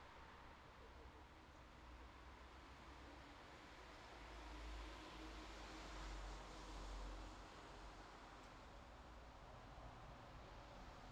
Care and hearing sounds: everyday scene through a hearing-aid microphone; in traffic; traffic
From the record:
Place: bus stop on a city main road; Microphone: in the ear canal, left

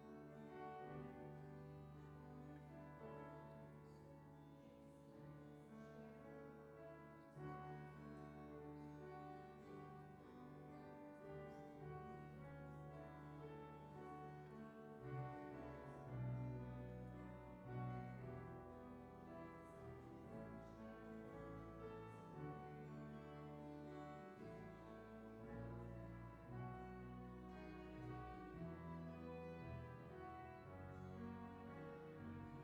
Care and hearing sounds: everyday scene through a hearing-aid microphone; reverberant space; music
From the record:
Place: church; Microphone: behind the ear, left, rear

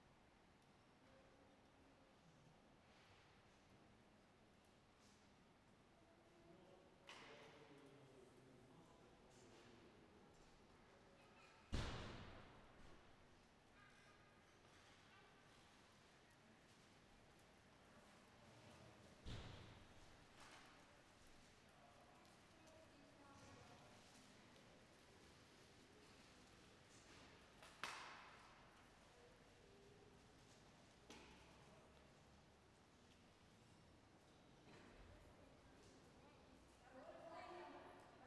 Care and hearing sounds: everyday scene through a hearing-aid microphone; reverberant space; background noise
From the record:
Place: railway station hall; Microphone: behind the ear, right, front

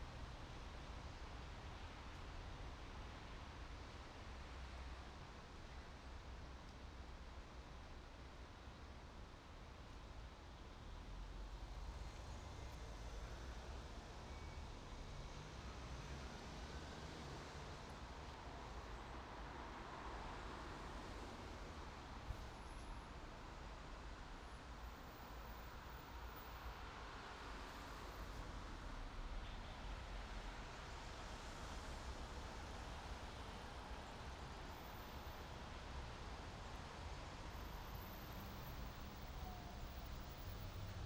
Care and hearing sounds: everyday scene through a hearing-aid microphone; in traffic; traffic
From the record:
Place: main city hub, rush hour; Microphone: in the ear canal, right

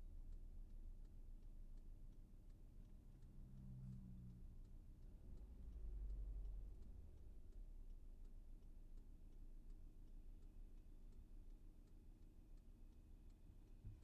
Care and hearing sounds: everyday scene through a hearing-aid microphone; in a vehicle; engine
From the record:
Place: VW T5 Caravelle, diesel engine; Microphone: behind the ear, left, front

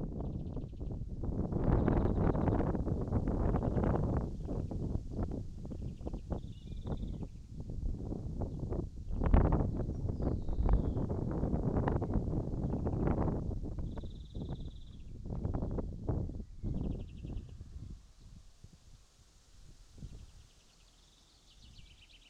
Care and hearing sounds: everyday scene through a hearing-aid microphone; wind on the microphone; wind, birds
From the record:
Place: in front of a rural house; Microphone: in the ear canal, right

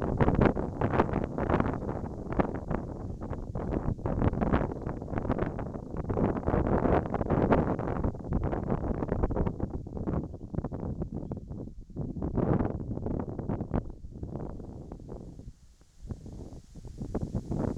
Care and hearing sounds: everyday scene through a hearing-aid microphone; wind on the microphone; wind, whistling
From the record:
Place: in front of a rural house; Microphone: in the ear canal, right

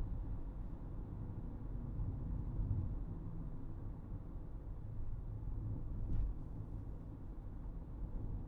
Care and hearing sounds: everyday scene through a hearing-aid microphone; in a vehicle; engine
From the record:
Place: Berlingo II, diesel engine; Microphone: behind the ear, right, front

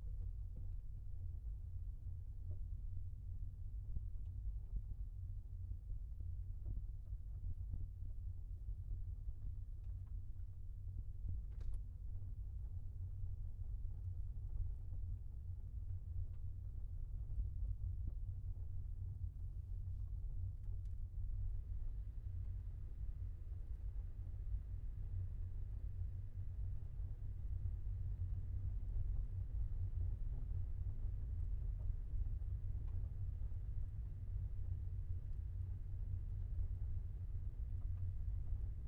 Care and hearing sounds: everyday scene through a hearing-aid microphone; in a vehicle; engine, rumble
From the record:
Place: Skoda Fabia, gasoline engine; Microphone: behind the ear, left, rear

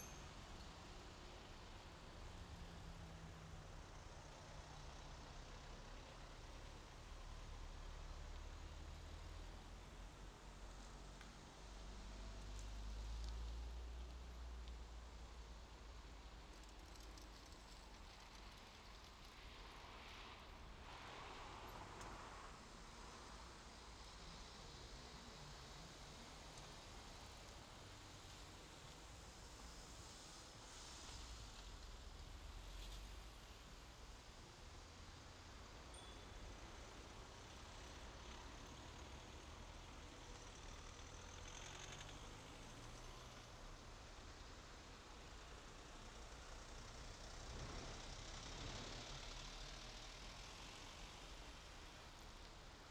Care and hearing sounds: everyday scene through a hearing-aid microphone; in traffic; traffic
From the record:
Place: main road on the outskirts, rush hour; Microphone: in the ear canal, left

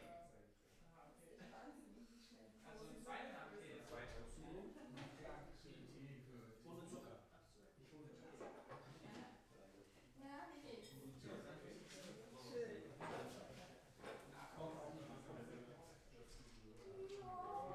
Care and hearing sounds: everyday scene through a hearing-aid microphone; many people talking; many voices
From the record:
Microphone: behind the ear, left, front

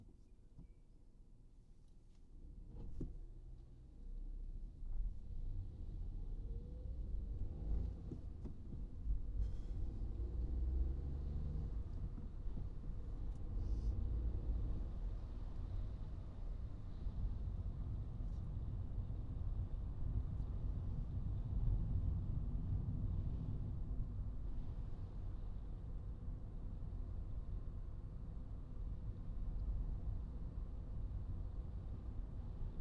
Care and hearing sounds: everyday scene through a hearing-aid microphone; in a vehicle; engine, highway traffic jam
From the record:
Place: Skoda Fabia, gasoline engine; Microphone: in the ear canal, right

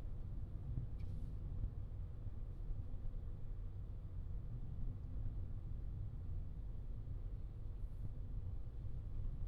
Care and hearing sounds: everyday scene through a hearing-aid microphone; in a vehicle; engine, traffic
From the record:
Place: Skoda Fabia, gasoline engine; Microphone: in the ear canal, left

